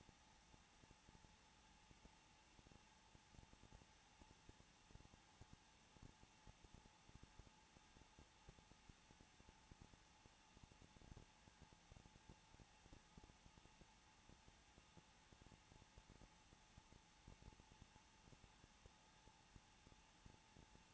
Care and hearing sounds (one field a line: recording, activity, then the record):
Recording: daily activity, microphone in the room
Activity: no activity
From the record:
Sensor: 1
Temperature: 20.2 degrees Celsius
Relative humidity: 35.7%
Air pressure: 994.5 hPa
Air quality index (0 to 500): 181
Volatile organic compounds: 7 ppm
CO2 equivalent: 1989 ppm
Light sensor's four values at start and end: 1/2/1/1 and 1/2/1/1